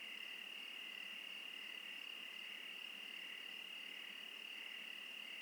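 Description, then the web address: Crickets in a steady high chorus, a continuous shrill trill with a faint pulsing lower band running under it throughout. Crickets in the Oregon wilderness, USA. "Sonniss com - GDC 2018-Game Audio Bundle Discover Oregon - Wilderness Crickets Crickets - Crickets Interlude"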